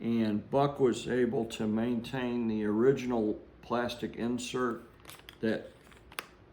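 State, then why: Seated. Someone talks as a fixed blade knife is pushed into the original plastic insert of its sheath, which has no restraining loop and holds the blade by snapping it in place. One sharp snap is heard at 6.2 s as the knife seats in the insert.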